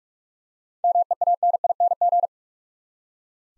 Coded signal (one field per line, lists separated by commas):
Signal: Morse code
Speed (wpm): 44 wpm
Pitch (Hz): 700 Hz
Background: none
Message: MEANING